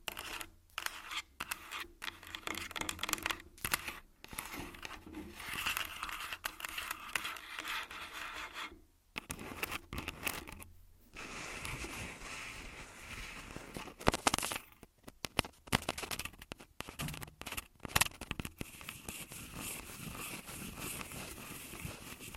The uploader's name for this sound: Tascam Full Body Tapping & Scratching